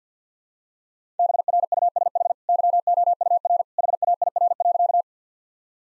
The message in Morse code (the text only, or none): BRUSH YOUR HAIR.